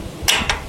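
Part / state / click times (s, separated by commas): side locking connector on a vehicle body/rack fitting / seated / 0.3 s, 0.5 s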